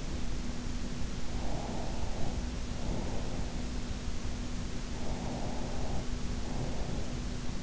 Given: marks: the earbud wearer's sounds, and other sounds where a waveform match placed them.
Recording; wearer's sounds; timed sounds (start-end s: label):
sounds in sleep by an in-ear microphone; breath
1.31-3.55 s: breath
4.95-7.12 s: breath